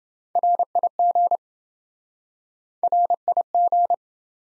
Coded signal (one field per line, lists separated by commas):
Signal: Morse code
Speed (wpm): 26 wpm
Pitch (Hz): 700 Hz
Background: none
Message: RIG RIG